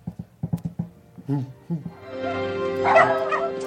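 A dog gives a quick run of short, sharp yips and barks, then breaks into longer high-pitched whining howls that rise and swell louder toward the end.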